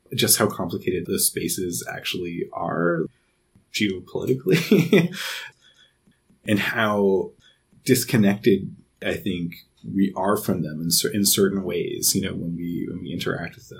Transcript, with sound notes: just how complicated the spaces actually are, geopolitically, (laughs) and how disconnected, I think, we are from them in certain ways, you know, when we, when we interact with them.